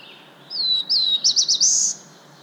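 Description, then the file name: Black-throated blue warbler singing a high phrase that opens with two falling whistles, moves into three quick wavering notes and finishes on a drawn-out buzzy tone. "Black-throated Blue Warbler - Setophaga caerulescens"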